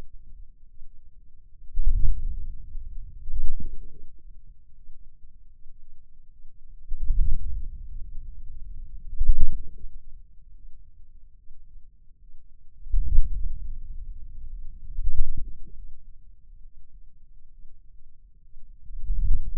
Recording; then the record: forearm muscle sounds (acoustic myography)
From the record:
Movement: wrist flexion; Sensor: system 2, bracelet of six BSWA MPA416 microphones around the upper forearm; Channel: 5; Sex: male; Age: 22 years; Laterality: right